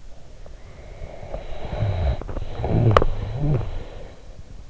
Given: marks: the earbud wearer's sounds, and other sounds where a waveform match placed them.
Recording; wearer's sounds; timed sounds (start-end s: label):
sounds in sleep by an in-ear microphone; snoring breath, teeth grinding
0.57-4.37 s: snoring breath
2.45-3.83 s: teeth grinding